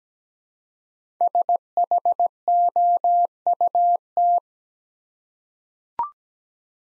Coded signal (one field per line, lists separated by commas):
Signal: Morse code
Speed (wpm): 17 wpm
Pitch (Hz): 700 Hz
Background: none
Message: SHOUT